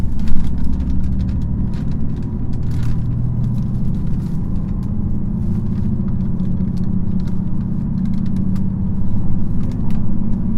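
Recorded on a journey between Kotohira and Okayama, a steady low rumble of a moving vehicle fills the clip, with a constant drone and faint tonal hum beneath it. Frequent brief clicks and rattles tick through the upper range throughout.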